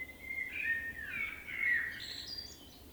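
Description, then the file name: Common blackbird song: a continuous low fluted warble drifting up and down, ending in thin high twittering notes. "Turdus merula"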